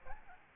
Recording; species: mosquito wingbeat signal from an infrared sensor; Aedes albopictus